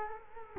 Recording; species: mosquito wingbeat signal from an infrared sensor; Culex quinquefasciatus